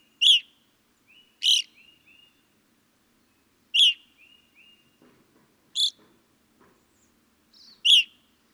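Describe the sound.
Evening grosbeak making loud, ringing chirps at uneven intervals, some followed by quieter sliding whistled notes; faint low rustling in the second half.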